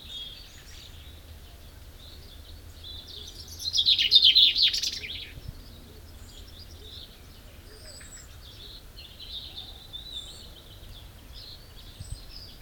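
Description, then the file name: Common chaffinch with one loud, dense burst of high notes, followed by faint scattered high calls and a low steady hum. "Fringilla coelebs"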